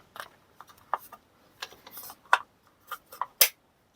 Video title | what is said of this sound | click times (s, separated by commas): Milwaukee 2888 Variable Speed Grinder – Is It REALLY That Powerful? 🔥 | You can hear clicks. | 0.9 s, 2.3 s, 3.4 s